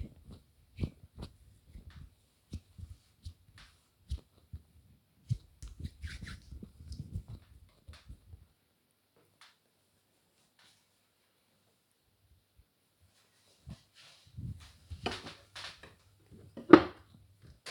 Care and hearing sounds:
household activities, microphone on the right wrist
0.00-6.52 s: disinfecting hands

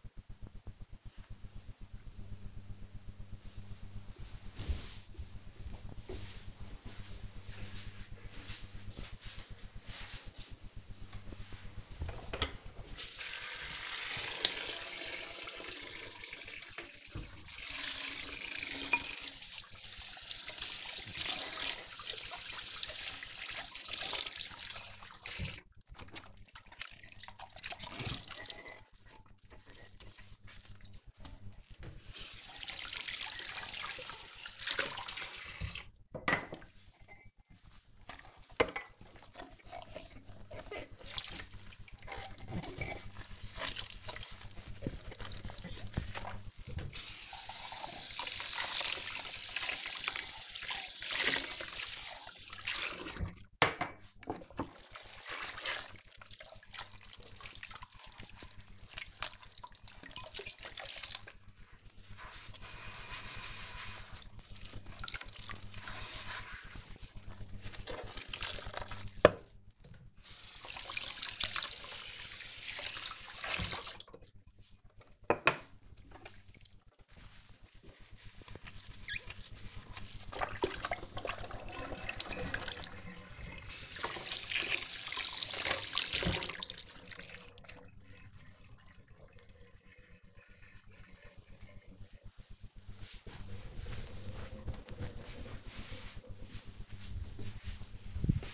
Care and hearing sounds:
household activities, microphone on the right wrist
10.90-88.43 s: washing dishes

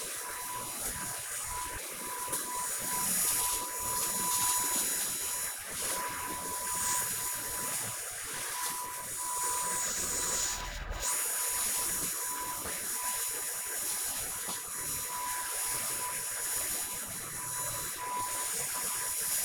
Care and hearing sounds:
household activities, microphone on the right wrist
0.00-19.44 s: vacuum cleaning

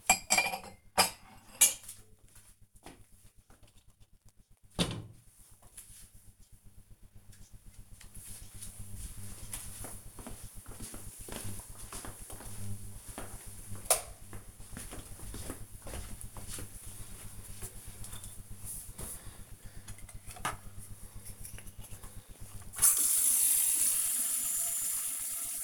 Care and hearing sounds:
household activities, microphone on the right wrist
0.00-4.74 s: putting away the dishes
21.86-25.64 s: brushing teeth

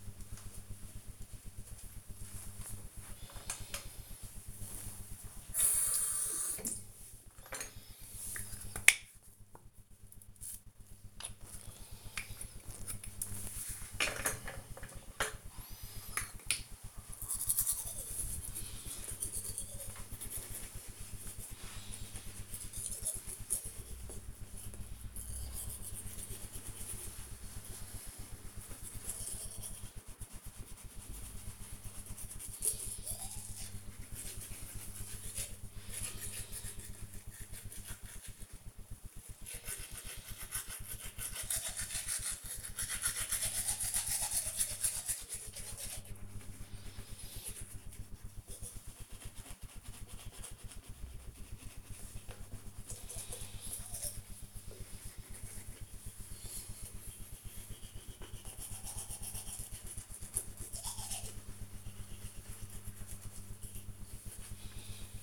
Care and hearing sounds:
household activities, microphone on the right wrist
1.64-65.23 s: brushing teeth

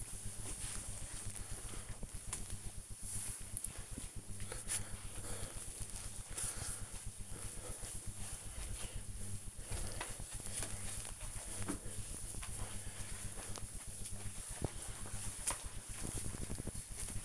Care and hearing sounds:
household activities, microphone on the right wrist
0.00-17.25 s: floor cleaning

